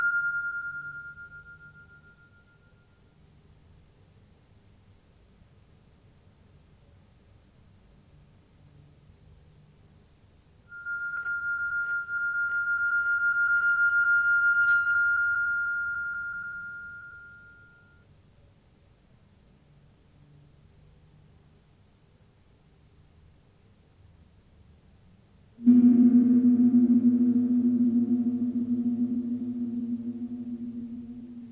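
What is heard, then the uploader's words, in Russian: Struck instruments ring on after each hit, their sound slowly fading. A clear mid-high tone dies away at the start, another rings with a gentle wavering pulse from about 11 to 18 seconds, and a deeper, fuller strike at 26 seconds hums to the end. После удара эти инструменты ещё некоторое время вибрируют, создавая волну удаления звука.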